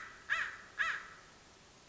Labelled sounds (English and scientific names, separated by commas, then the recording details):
American Crow (Corvus brachyrhynchos)
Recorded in Sonoma County, California